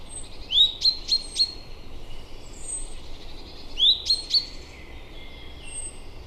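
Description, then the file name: Common chaffinch calling, a quick upward slur followed by a few sharp high ringing notes, the series given twice, over steady background noise. "Fringilla coelebs"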